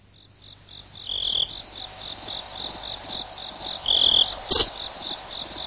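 Insect calling with a high, pulsed trill that fades in after a quiet start, broken by a couple of brighter bursts and one sharp click near the end.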